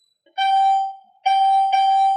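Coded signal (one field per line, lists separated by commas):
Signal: none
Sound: caregiver monitor's melody tones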